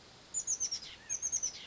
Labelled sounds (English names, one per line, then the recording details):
Oak Titmouse
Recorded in Sonoma County, California